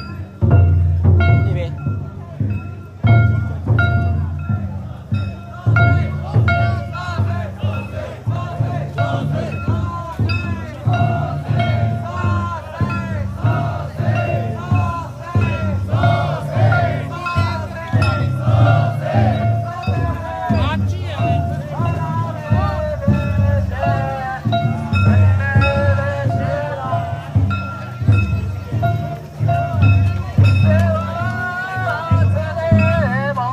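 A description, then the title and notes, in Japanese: A village Shinto festival: a dense crowd of voices shouts and chants throughout, with rising calls layered over one another. A deep, steady pounding keeps a regular beat underneath, loud, and the whole scene stays busy and unbroken for the full length. Japanese Shinto ritual。石川県羽咋郡志賀町西海風無地区・風戸地区の祭り。伝統的に女性もキリコを担ぐ。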